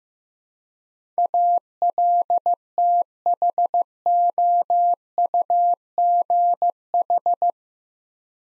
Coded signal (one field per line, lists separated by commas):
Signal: Morse code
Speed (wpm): 15 wpm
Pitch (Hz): 700 Hz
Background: none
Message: ALTHOUGH